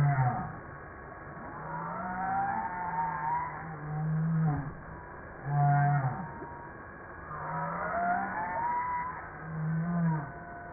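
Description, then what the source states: Humpback whale song: long, low moaning tones alternate with upswept and downswept whoops and higher warbling sweeps. Recorded on 5 March 1994.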